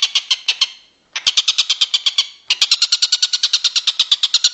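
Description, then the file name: Stork-billed kingfisher uttering fast, rattling series of harsh notes, broken by two short gaps, then continuing steadily. "tengkek buto om andri"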